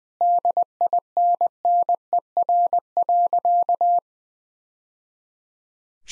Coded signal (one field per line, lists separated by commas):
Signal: Morse code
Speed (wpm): 20 wpm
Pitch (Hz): 700 Hz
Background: none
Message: DINNER.